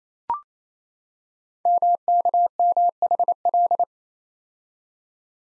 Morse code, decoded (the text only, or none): MKMHL